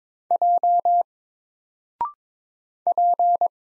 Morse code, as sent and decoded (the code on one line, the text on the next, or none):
.--- / .--.
J P